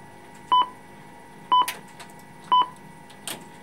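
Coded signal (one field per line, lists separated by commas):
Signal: speaking clock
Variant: Australian talking clock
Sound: three short beeps at about 1 kHz, one second apart, then quiet clicks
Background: small room, faint clicks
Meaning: The third stroke marks the exact time just announced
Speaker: at the third stroke it will be 5 177 and 30 seconds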